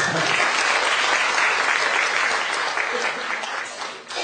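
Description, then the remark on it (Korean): An audience claps for a question at a Q&A session, a dense, even wash of hand claps that holds strong for about four seconds before thinning slightly at the end. “박수를 받은 질문에 이어서 대답하게 돼서 난감하긴 한데요.”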